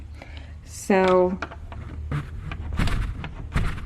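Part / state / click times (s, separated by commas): door latch into door frame strike / not seated / none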